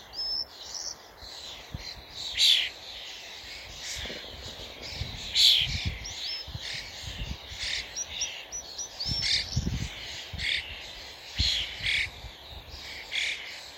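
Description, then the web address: Common starling chattering continuously with a busy mix of clicks, rasps and short whistled notes, several louder harsh bursts standing out, plus low thumps and faint background noise. "Deverinetal 2025. Bird Only"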